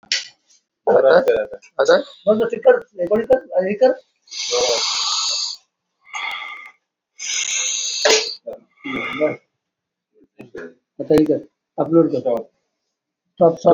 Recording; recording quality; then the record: deep breathing; moderate, slight background noise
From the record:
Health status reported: COVID-19 positive, no symptoms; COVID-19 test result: positive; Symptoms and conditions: none ticked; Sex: male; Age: 57 years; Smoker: not ticked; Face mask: worn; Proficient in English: yes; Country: India